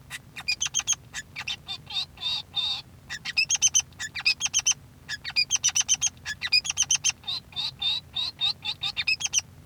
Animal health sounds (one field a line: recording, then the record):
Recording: song of a male Bengalese finch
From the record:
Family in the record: son of father 3